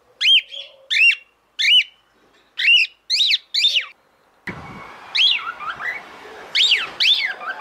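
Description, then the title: Cockatiel song of arched, whistled chirps with harmonics, about six notes in the first four seconds, then more chirps over a rushing background hiss. Song intended for training cockatiels. "Canto De 1 Hora Para Treinar Calopsita"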